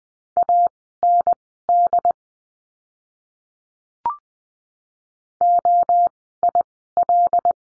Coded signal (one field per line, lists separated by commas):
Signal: Morse code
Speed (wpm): 19 wpm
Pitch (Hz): 700 Hz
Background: none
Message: AND OIL